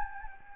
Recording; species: mosquito wingbeat signal from an infrared sensor; Anopheles gambiae